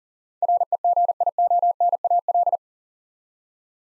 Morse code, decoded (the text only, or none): REGIONAL